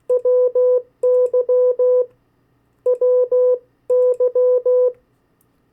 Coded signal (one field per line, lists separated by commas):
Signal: Morse code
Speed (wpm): 16 wpm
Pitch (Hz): 500 Hz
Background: none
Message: WY WY